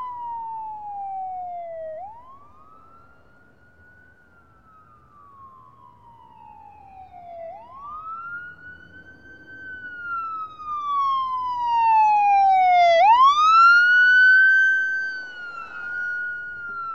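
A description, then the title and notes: A police siren wails, its pitch sliding slowly down and then sweeping back up in long cycles of about five or six seconds. It starts distant and grows louder and brighter toward the end, as if approaching, over a faint low rumble of traffic. A bustling American cityscape. The distant wail of the siren, its pitch rising and falling in a rhythmic pattern.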